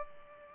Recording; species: mosquito wingbeat signal from an infrared sensor; Culex pipiens